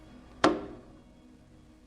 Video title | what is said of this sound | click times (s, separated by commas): HERO A3XX SERIES DISPENSER – CAPPER REPLACEMENT | insert them into the holes and push back until it clicks | 0.4 s